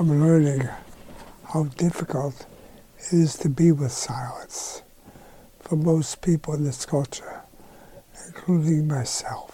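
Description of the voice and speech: A man speaks slowly in short, broken phrases with long pauses, drawing out words in a soft, breathy, partly whispered voice with slightly slurred consonants. This is dysarthria from ALS: he is losing his voice as the disease keeps up its deadly creep.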